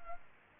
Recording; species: mosquito wingbeat signal from an infrared sensor; Culex pipiens